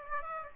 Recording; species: mosquito wingbeat signal from an infrared sensor; Aedes aegypti